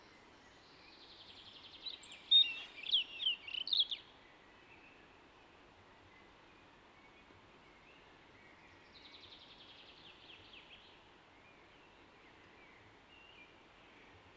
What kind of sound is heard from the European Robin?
song